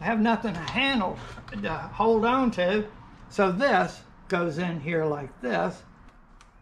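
A plastic handle piece is being handled and pushed toward its slot on a welding machine accessory during assembly while someone talks. A faint sharp sound near 6.4 s comes as the talking stops, but nothing has seated or clicked into place yet.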